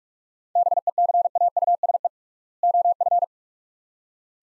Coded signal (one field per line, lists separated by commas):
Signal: Morse code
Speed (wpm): 46 wpm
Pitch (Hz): 700 Hz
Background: none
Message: BECAUSE OF